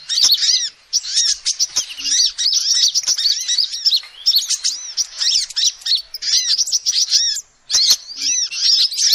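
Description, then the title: Lovebird calls, a busy stream of high, squeaky chirps and twittering notes in bursts, broken by brief silences and occasional clicks. Lovebird call used as a lure to trap birds. "PIKAT BURUNG LOVEBIRD"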